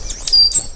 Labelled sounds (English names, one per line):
Stitchbird song